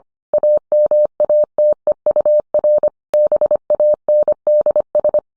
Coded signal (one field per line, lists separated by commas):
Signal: Morse code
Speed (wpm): 25 wpm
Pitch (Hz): 600 Hz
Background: none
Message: AMATEUR BANDS